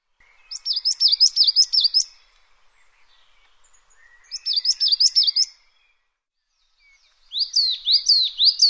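Bird singing high, quick phrases of repeated down-slurred notes, two full bursts and the start of a third, with quiet gaps between.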